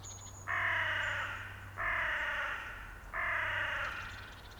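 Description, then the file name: Carrion crow caws: three harsh, hoarse caws spaced about every second and a quarter, with a thin high bird note audible before the first. "Corvus corone"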